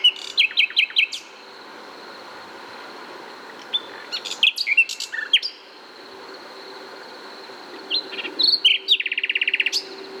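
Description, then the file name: Common nightingale song in three separate phrases of sharp chirps and whistles, the last ending in a fast rattling run of repeated notes, against a steady high hum. "Luscinia megarhynchos"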